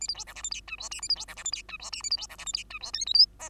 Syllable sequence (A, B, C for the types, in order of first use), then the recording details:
A B C D E F G H I J A B C D E F G H I J A B C D E F G H I K L M N. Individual Bird2